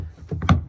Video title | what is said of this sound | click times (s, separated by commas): 2017 Sea Hunt Gamefish 2 - MarineMax Wrightsville Beach | and then it locks in place | 0.5 s